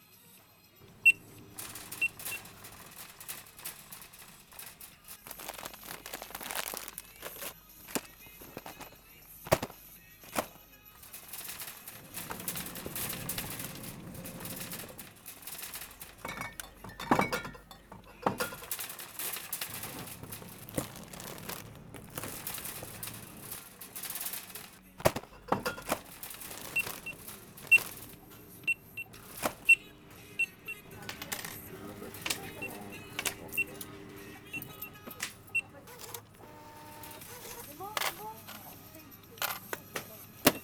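Everyday ambience while shopping in a small town-centre grocery store. Low murmurs of voices and shuffling fill the background, broken by frequent sharp clicks, clinks and beeps scattered across the whole stretch, some like a cash register or items being handled.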